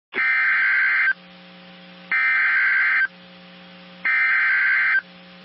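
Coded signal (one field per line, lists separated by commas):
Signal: Emergency Alert System (SAME) tones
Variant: header bursts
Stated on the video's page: Relayed by the weather radio station in Dallas, Texas.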